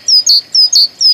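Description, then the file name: Great tit singing a bright, repeated two-syllable phrase, high whistle then lower accented note, cycling rapidly twice and starting a third time. "Bogatka"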